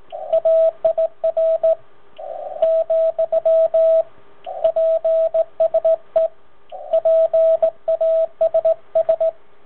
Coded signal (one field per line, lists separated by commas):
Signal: Morse code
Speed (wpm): 18 wpm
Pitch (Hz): 650 Hz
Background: radio noise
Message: AIR , PSE PASS